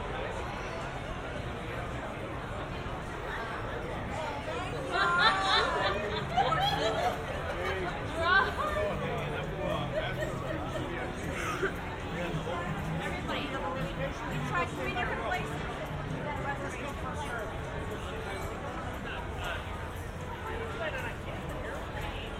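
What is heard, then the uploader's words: Many overlapping voices talk at once along an outdoor strip of restaurants and bars, a steady babble of chatter with no single speaker standing out for long. A few louder voices rise briefly around five to nine seconds, then the hubbub settles back to an even level. San Diego. In public. At a distance. I walked through the outdoor restaurants/bars in the Gaslamp Quarter.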